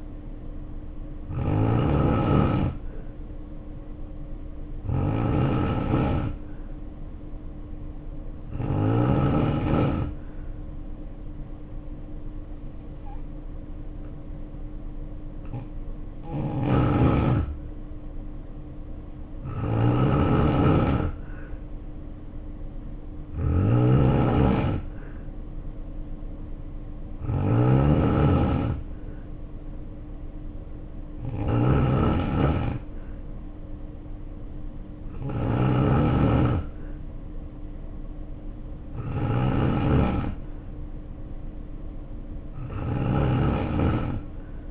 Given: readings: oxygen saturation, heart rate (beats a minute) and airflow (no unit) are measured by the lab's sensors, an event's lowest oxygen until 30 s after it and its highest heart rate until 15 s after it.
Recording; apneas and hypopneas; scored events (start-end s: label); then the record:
breathing in sleep by a smartphone at the bedside; none
43.00-44.70 s: new sleep stage, N3 (deep sleep)
From the record:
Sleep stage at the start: N2 (light sleep); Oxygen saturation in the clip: 88 to 93%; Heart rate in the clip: 57 to 63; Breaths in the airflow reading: 11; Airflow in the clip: -2.6 to 2.6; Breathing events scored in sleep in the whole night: 520 in 7.2 hours asleep